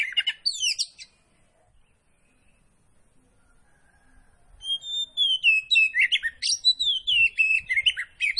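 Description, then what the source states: Magpie-robin song: a brief burst of high slurred notes, a pause, then a long, energetic run of varied whistles and chirps. Kacer poci variety, singing vigorously (gacor).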